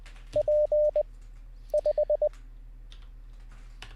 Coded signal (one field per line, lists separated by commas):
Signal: Morse code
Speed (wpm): 20 wpm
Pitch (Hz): 600 Hz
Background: none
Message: P 5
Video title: How To Learn Morse Code LIVE with N0SSC (Day 13)